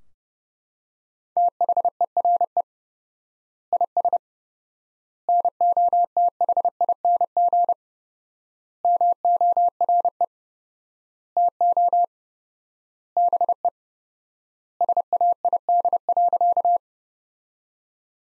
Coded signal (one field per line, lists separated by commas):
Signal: Morse code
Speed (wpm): 30 wpm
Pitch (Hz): 700 Hz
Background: none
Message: THERE IS NOTHING MORE TO BE SAID.